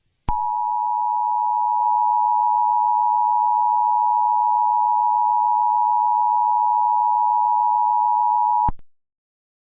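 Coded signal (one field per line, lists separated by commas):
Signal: Emergency Alert System (SAME) tones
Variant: 853 and 960 Hz attention tone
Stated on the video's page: Fictional EAS scenario, simulated.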